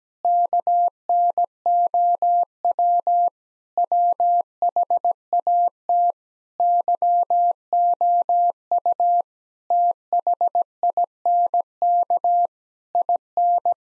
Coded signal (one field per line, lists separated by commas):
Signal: Morse code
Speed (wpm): 17 wpm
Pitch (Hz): 700 Hz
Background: none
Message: KNOW WHAT YOU THINK IN